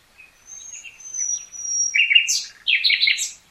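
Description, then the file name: Nightingale song: a long thin high whistle, followed by loud, rapid, scratchy trilled notes in two bursts. "Luscinia megarhynchos"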